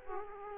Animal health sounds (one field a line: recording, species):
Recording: mosquito wingbeat signal from an infrared sensor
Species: Aedes aegypti